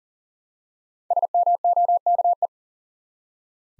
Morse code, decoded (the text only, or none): SMOKE